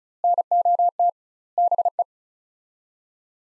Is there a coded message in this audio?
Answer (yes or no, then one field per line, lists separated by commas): yes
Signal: Morse code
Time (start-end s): 0.2-2.0 s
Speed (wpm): 36 wpm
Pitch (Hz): 700 Hz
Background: none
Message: NOT BE